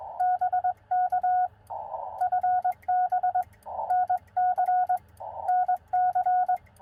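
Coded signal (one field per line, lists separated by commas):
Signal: Morse code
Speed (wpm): 21 wpm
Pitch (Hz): 1470 Hz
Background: none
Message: BK FB NC NC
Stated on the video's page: Sent with a bug on a QRP POTA park activation using a ham stick antenna and battery power.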